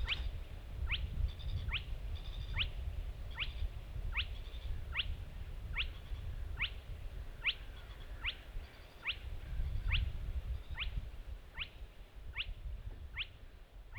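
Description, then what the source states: Spotted crake calling a long, even series of short upward-whipping whistles, roughly one per second, with faint higher chatter early on and low rumble beneath. Recorded on 10 June 2015.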